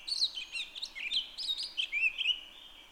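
Townsend's solitaire song, a fast jumble of high warbled and slurred notes tumbling together in a brief rich phrase.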